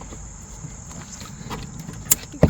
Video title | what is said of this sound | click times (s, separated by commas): NO PROGRAMMING 20 Minute VTS kit install. 2014 to 2023 Sea-Doo Spark (with iBR) | You can hear it snap, it won't pull back out, and then snap that in. | 2.1 s, 2.4 s